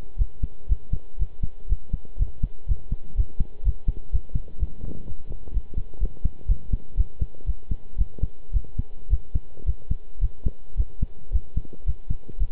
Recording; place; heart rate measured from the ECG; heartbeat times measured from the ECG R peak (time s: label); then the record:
heart sounds by stethoscope; between the tricuspid and mitral areas; 118 bpm
0.18 s: heartbeat
0.69 s: heartbeat
1.19 s: heartbeat
1.69 s: heartbeat
2.19 s: heartbeat
2.68 s: heartbeat
3.17 s: heartbeat
3.65 s: heartbeat
4.12 s: heartbeat
4.59 s: heartbeat
5.06 s: heartbeat
5.53 s: heartbeat
6.00 s: heartbeat
6.48 s: heartbeat
6.97 s: heartbeat
7.46 s: heartbeat
7.98 s: heartbeat
8.53 s: heartbeat
9.10 s: heartbeat
9.66 s: heartbeat
10.21 s: heartbeat
10.77 s: heartbeat
11.32 s: heartbeat
11.86 s: heartbeat
12.40 s: heartbeat
From the record:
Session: pedaling a stationary bicycle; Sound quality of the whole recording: good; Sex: male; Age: 23 years